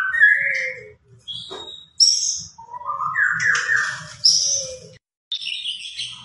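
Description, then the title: White-rumped shama song: clear whistled phrases rising and falling, broken by short pauses, with high sharp notes and a faint low hum underneath. Lure recording of an actively singing bird, meant to make a shama respond at once. "PANCINGAN MEWAH MURAI BATU GACOR, SEKALI DENGAR AMPUH LANGSUNG RESPON"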